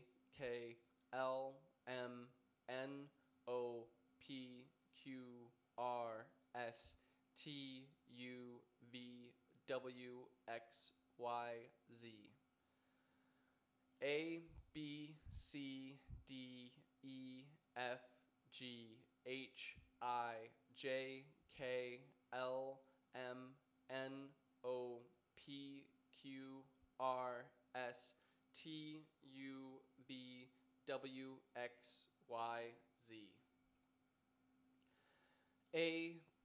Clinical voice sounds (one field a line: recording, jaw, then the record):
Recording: letters of the alphabet, spoken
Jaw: free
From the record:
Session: first day, before the bite bar